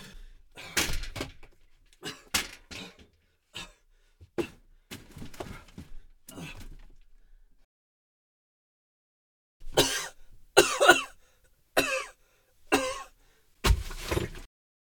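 A cluster of short, lighter coughs is followed by a pause, then five louder, harsh, explosive coughs spaced about a second apart, from an adult, with no other sounds behind them.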